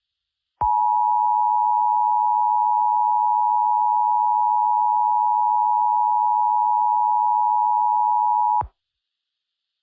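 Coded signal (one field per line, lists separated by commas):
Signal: Emergency Alert System (SAME) tones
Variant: 853 and 960 Hz attention tone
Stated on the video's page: Fictional black hole EAS scenario made for fun, using real valid emergency tones.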